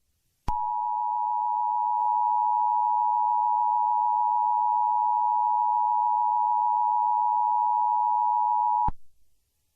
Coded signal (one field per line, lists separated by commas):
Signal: Emergency Alert System (SAME) tones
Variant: 853 and 960 Hz attention tone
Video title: EAS Scenario/Mock #9 - The White Pumpkin